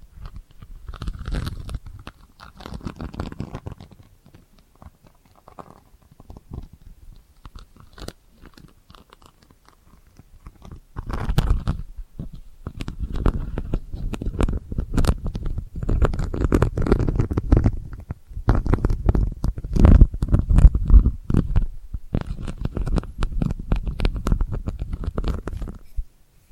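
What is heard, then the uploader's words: Delicate scratching, a dense run of short rough strokes, mostly low and soft with some crisp upper edges. The first ten seconds are quieter and patchier; from about 11 seconds the scratching turns steadier, fuller and louder to the end. ASMR Delicate Scratching for Sleep (No Talking).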